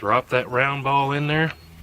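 A big-bore .50 caliber air rifle is being loaded with a lead round ball at the breech while someone talks, with a faint steady high insect-like chirp in the background. The clip ends before the ball is dropped in and the breech is closed, so nothing has seated or clicked yet.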